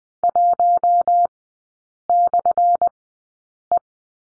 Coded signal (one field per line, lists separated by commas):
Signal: Morse code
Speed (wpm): 20 wpm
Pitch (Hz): 700 Hz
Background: none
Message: 1/E